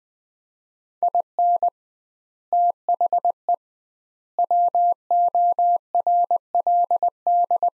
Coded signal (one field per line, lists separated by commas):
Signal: Morse code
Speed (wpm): 20 wpm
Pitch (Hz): 700 Hz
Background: none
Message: IN THE WORLD